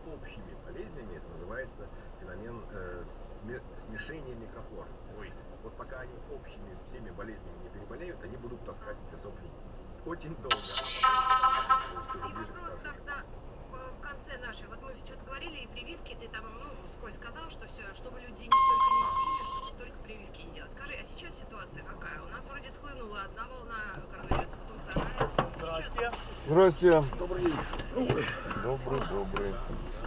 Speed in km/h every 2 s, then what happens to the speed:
0, 0, 0, 0, 0, 0, 1, 1, 0, 0, 0, 0, 2, 0, 0.
0-30 standing.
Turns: none.